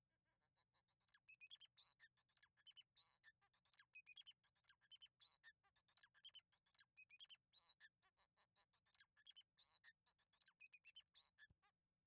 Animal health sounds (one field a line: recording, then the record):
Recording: song of a male Bengalese finch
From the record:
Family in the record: son of father 4